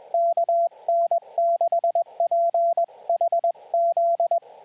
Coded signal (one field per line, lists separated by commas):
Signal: Morse code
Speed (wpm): 21 wpm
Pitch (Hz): 680 Hz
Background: radio noise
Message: KN6PHZ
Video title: #4 Callsign Practice | Morse Code for SOTA